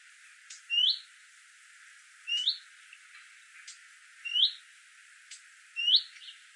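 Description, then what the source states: Leaf warbler giving brief rising chirps, four of them spaced about one and a half seconds apart, with soft ticks in between. European leaf warbler, call.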